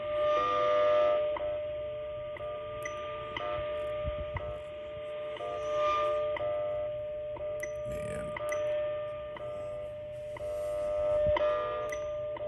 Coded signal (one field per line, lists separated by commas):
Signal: radio time signal